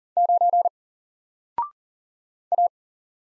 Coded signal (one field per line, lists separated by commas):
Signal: Morse code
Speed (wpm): 40 wpm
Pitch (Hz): 700 Hz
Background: none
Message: 9 A